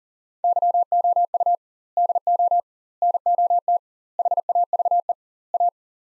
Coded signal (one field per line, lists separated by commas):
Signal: Morse code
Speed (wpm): 37 wpm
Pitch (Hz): 700 Hz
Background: none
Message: YOU DO NOT HAVE A